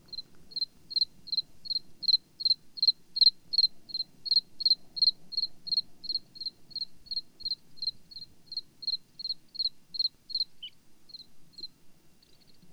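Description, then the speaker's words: Bluethroat song: a long, even series of sharp high pips, about two or three each second, then a brief pause and a few fainter notes. Bluethroat, called the Arctic's mockingbird for its mimicry; recorded in spring 2005 on the Arctic National Wildlife Refuge, Alaska; the bird was recorded for well over two hours. "But if you're lucky to get to Alaska in the spring, like I did, you may hear the equivalent mimicry of the magnificent bluethroat."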